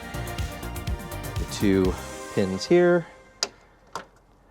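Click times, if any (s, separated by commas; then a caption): 3.4 s, 4.0 s. Two plastic retaining pins are pushed into the front grille of a VW Mk4 during reassembly after the hood pull swap, while someone talks over music. Each pin makes a sharp hit as it goes in, at 3.4 s and 4.0 s, and both pins are pressed home and seated.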